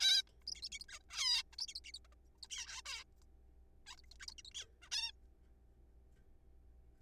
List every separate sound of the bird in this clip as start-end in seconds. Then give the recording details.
0.01-0.22, 0.47-0.54, 0.55-0.61, 0.63-0.69, 0.72-0.79, 0.81-0.84, 0.89-0.99, 1.00-1.02, 1.11-1.43, 1.53-1.56, 1.59-1.66, 1.68-1.74, 1.75-1.80, 1.85-1.91, 1.94-1.99, 2.05-2.08, 2.12-2.15, 2.43-2.47, 2.50-2.81, 2.86-3.04, 3.87-3.96, 3.98-4.01, 4.11-4.14, 4.20-4.26, 4.28-4.34, 4.38-4.42, 4.45-4.50, 4.55-4.66, 4.82-4.89, 4.92-5.11. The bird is a juvenile. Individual R3428